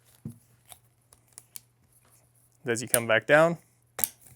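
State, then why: Seated. A tripod leg is swung back down, and its spring-loaded angle stop clicks into a notch in the tripod hub at 4.0 s, locking the leg into place. Light clicks and taps come first, and someone talks just before the loud sharp snap.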